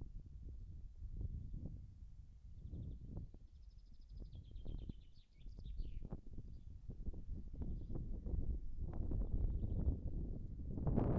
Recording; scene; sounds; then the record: everyday scene through a hearing-aid microphone; wind on the microphone; wind, birds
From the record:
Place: in front of a rural house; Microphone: behind the ear, right, rear